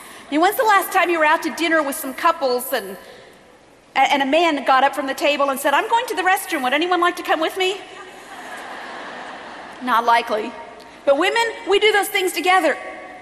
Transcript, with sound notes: When was the last time you were out to dinner with some couples and a man got up from the table and said, “I’m going to the restroom. Would anyone like to come with me?” (Laughter) Not likely. But women? We do those things together.